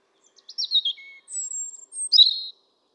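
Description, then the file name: European robin delivering a short, sweet phrase of falling whistled notes, a long high thin tone, then a quick trilled ending. "Erithacus rubecula"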